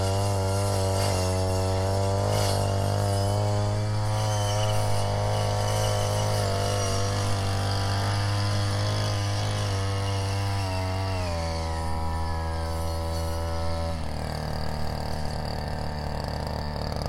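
A small engine, such as a grass cutter or tiller, drones without pause, a dense low hum with a buzzing whine above it. Around eleven seconds the pitch steps down, then shifts again near fourteen seconds.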